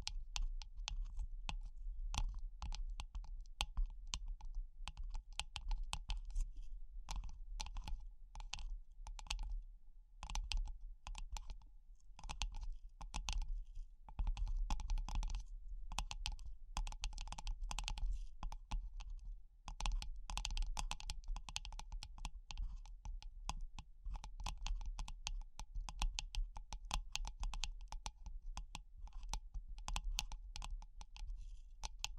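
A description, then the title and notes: Fast tapping runs almost without pause, a dense stream of sharp clicks like keys being struck, with brief slower gaps near 10 and 19 seconds. The taps are crisp and bright over a steady low hum, and the pace stays busy throughout. ASMR Pure Tapping Fast and Slow (No Talking).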